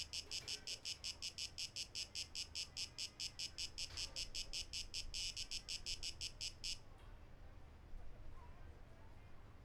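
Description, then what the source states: Cicada song, fast high buzzing pulses over a noisy rumbling background, ending abruptly after about seven seconds. Recorded 12 August 2023.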